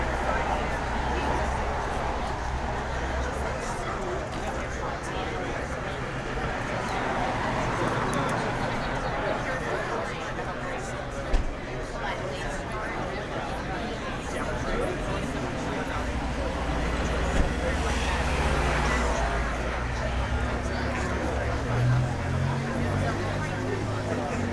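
Lunch in the city: a dense, steady wash of overlapping voices and chatter fills the whole clip. A low rumble of traffic runs underneath, swelling near the start and again after eighteen seconds, with a couple of sharp clinks around eleven and seventeen seconds.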